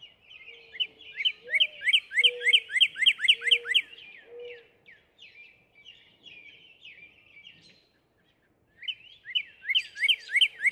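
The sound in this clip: Northern cardinal song: a long run of repeated slurred whistled notes, a pause, then another fast series.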